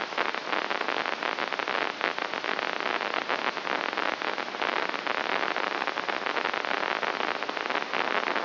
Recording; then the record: brain microelectrode recording played as sound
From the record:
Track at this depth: inside the subthalamic nucleus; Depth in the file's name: 3.818 mm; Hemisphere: left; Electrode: 2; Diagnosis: Parkinson's disease